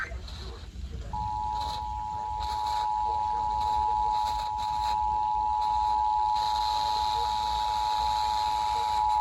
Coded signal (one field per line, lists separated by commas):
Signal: Emergency Alert System (SAME) tones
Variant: 853 and 960 Hz attention tone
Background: speech